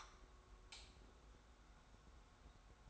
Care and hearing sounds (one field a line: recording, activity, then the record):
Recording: daily activity, microphone in the room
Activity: light on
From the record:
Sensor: 3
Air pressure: 991.0 hPa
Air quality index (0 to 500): 115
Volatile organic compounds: 71 ppm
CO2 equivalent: 3530 ppm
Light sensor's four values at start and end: 36/86/35/33 and 39/95/38/36